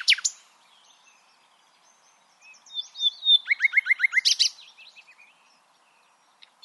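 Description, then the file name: Common nightingale song: a sharp opening note, a quiet pause, then whistles followed by a rapid series of repeated chopped notes and a burst of chatter. "Luscinia megarhynchos"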